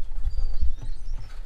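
A halogen headlamp bulb is handled at the plastic headlamp housing of a 2019 Ford Ranger, to be twisted downward until it locks. Low rumbling handling noise is heard with faint high chirps and no sharp transients. Nothing has seated or clicked yet.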